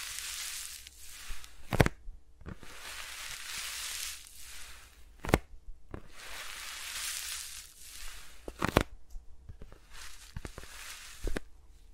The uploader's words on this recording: ASMR with Mics Around My Fingers (No Talking).